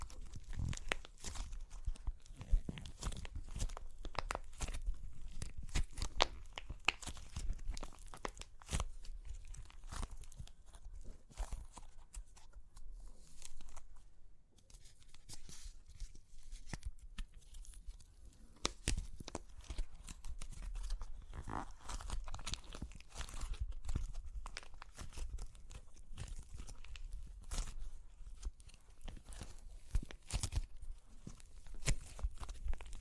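Crunchy clay cracking and crumbling in a dense run of sharp crackles and snaps over 33 seconds. Bursts come irregularly, with louder cracks scattered throughout and a brief near-silent gap around fourteen seconds. A faint low rumble sits underneath.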